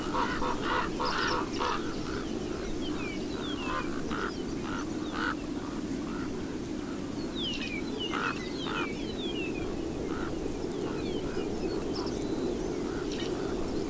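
Raven giving harsh, rasping croaks in quick irregular series, roughly two per second, over a steady low rumble with thin whistled notes from other birds.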